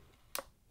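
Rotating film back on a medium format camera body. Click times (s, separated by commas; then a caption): 0.4 s. The rotating film back on a Mamiya RB67 medium format camera body is twisted from landscape to portrait until it hits a stop. A single sharp click rings out at about 0.4 s against a quiet background, with a short tail after it. The back clicks into its detent and is seated.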